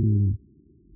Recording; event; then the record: neck accelerometer signal played as sound; no cough (speech, laughter, throat clearing or background)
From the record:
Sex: male